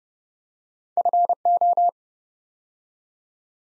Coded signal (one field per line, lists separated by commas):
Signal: Morse code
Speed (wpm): 30 wpm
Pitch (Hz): 700 Hz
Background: none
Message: FO